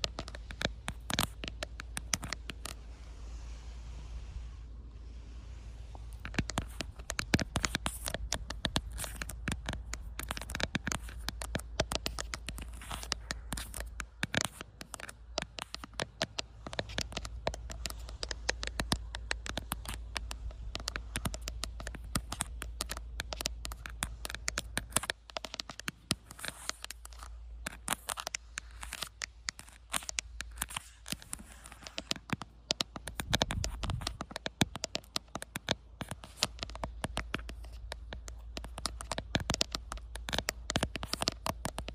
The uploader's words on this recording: ASMR Outdoor Camera Tapping! No Talking.